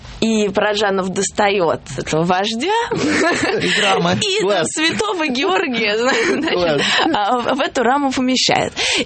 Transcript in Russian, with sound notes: И Параджанов достает этого вождя…… (смех) и Святого Георгия, значит, в эту раму помещает.